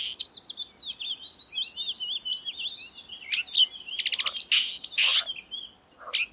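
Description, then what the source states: Marsh warbler song: a fast run of varied, high twittering and whistled phrases, then buzzy rattles and harsh chattering notes, broken by brief pauses. Song recorded in May 2020.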